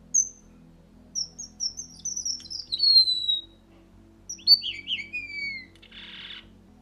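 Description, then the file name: Red avadavat: high thin chirps run into a long falling whistle, then a second phrase of descending squeaky notes ends in a short raspy hiss; low hum behind. "Bengali vermelho"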